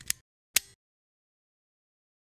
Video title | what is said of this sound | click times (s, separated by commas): GLUCOCARD Vital: How to use the Vital meter | pull back on the set and disposal lever until you hear a click now | 0.1 s, 0.6 s